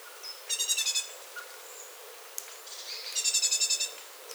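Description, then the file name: Great tit giving two quick, scratchy rattles of evenly pulsed notes, about two and a half seconds apart, with a few faint thin notes between. "Parus major"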